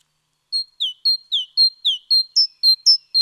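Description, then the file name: Great tit call: a steady run of eleven sharp, high notes, level pips mostly alternating with downward-slurred ones. "Parus major"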